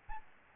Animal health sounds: mosquito wingbeat signal from an infrared sensor; Aedes albopictus

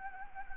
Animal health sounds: mosquito wingbeat signal from an infrared sensor; Anopheles gambiae

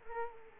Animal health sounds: mosquito wingbeat signal from an infrared sensor; Culex quinquefasciatus

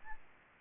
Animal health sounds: mosquito wingbeat signal from an infrared sensor; Aedes albopictus

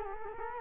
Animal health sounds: mosquito wingbeat signal from an infrared sensor; Culex quinquefasciatus

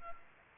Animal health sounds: mosquito wingbeat signal from an infrared sensor; Culex quinquefasciatus

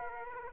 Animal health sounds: mosquito wingbeat signal from an infrared sensor; Aedes aegypti

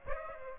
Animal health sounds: mosquito wingbeat signal from an infrared sensor; Aedes aegypti

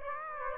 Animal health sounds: mosquito wingbeat signal from an infrared sensor; Aedes aegypti

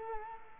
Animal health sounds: mosquito wingbeat signal from an infrared sensor; Culex quinquefasciatus

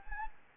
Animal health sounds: mosquito wingbeat signal from an infrared sensor; Anopheles gambiae

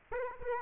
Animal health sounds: mosquito wingbeat signal from an infrared sensor; Aedes aegypti

